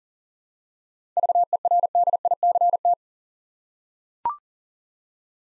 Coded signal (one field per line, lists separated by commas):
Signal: Morse code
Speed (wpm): 40 wpm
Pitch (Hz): 700 Hz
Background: none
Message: VERDICT